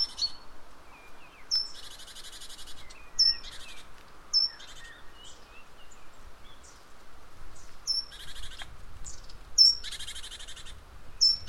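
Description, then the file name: Great tit giving repeated harsh buzzy bursts, each opened by a sharp high note, amid faint soft chirps. "Parus major"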